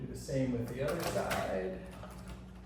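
A fluorescent (LED replacement) tube is handled with its pins at the fixture lampholder, ready to be twisted a quarter turn on its second side, while someone talks over faint handling noise. Nothing has seated or clicked into the holder yet.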